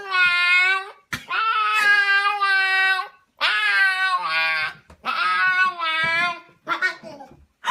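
Husky howling in drawn-out, wavering vocal bursts, some rising and falling, with short pauses between several separate howls.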